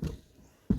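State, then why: Seated. A plastic speaker trim piece is pressed by hand into its clips in the front door of a 2000 Audi A4 B5. After a low, dull bump near the start and a quiet stretch, a single short, loud thump lands at 0.7 s as the piece clicks into place and seats.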